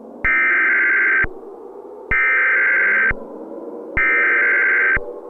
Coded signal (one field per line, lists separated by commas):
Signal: Emergency Alert System (SAME) tones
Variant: header bursts